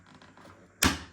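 A plastic exhaust filter grill on a clear Vax 3 in 1 vacuum cleaner is pushed back and slid down over the foam filter onto the vacuum body, with faint handling rustles at first. A single sharp, loud snap at 0.8 s shows the grill seating back into place.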